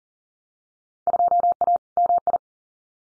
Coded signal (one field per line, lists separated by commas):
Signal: Morse code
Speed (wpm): 41 wpm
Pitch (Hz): 700 Hz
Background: none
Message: 2A MI